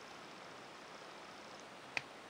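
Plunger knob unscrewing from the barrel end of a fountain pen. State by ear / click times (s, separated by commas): released / 2.0 s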